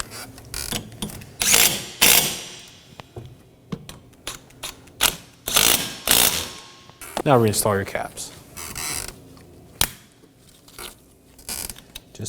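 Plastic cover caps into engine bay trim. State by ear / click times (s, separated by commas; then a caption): seated / 9.8 s, 12.0 s. After the front engine torque strut mount is installed on a 2015-2023 Nissan Maxima 3.5L V6, plastic cover caps are pressed back into the engine bay trim by hand while someone talks. Short mechanical bursts and rattles are heard, and the caps snap into place with sharp clicks at 9.8 s and 12.0 s, seated.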